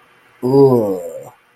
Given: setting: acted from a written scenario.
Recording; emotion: vocal sound without words; contempt